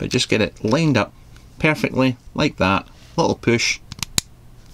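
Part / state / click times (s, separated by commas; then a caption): airflow insert into a rebuildable atomizer deck with a ball-bearing detent / seated / 4.0 s, 4.2 s. Someone talks while lining up the most open direct-lung airflow insert straight over the metal deck of a 22mm Armor Mods Engine RDA rebuildable atomizer and giving it a little push down. Two sharp clicks sound at 4.0 s and 4.2 s as the insert's ball-bearing detent snaps into place, leaving the insert seated in the deck.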